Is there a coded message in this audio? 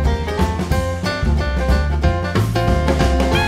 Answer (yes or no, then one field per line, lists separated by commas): no